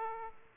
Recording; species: mosquito wingbeat signal from an infrared sensor; Aedes aegypti